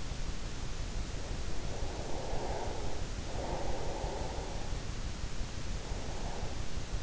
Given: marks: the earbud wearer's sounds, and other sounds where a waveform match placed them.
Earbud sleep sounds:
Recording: sounds in sleep by an in-ear microphone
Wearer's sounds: breath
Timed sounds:
1.74-4.83 s: breath

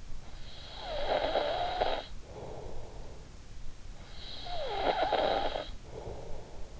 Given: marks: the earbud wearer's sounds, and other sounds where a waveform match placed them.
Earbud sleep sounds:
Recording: sounds in sleep by an in-ear microphone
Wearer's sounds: snoring breath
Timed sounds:
0.21-3.07 s: snoring breath
3.96-6.80 s: snoring breath

